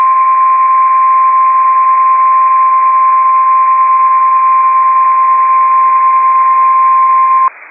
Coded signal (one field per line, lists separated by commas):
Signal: Emergency Alert System (SAME) tones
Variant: 1050 Hz attention tone